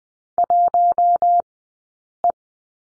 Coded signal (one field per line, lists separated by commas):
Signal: Morse code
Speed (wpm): 20 wpm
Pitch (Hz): 700 Hz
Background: none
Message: 1E